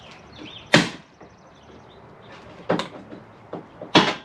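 A plastic trim panel near the headlight on the front end of a 2014–2020 Toyota Tundra is pulled free from the retaining lips that hold it, after its two pop rivets have been removed. Sharp plastic pops sound at about 0.7 s and 2.7 s, with smaller snaps between them. A loud pop at 4.0 s marks the panel's lip popping out and releasing.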